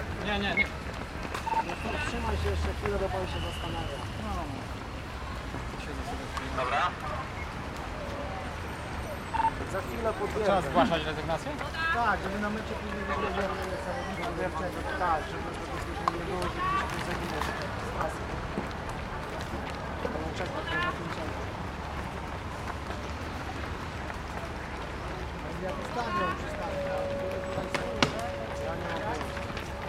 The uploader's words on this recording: Maraton Wrocławski - punkt medyczny. Piłsudskiego, Stare Miasto. Recorded near a medical point during the Wroclaw 33 marathon.